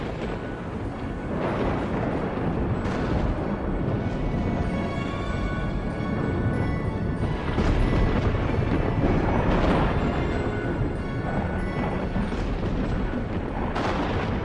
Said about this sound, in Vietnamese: Trên bầu trời cho đến khi cơn mưa lớn nhất là những tia sét tụ lại, một tia sét chói lòa giáng từ trên bầu trời thẳng vào cây si.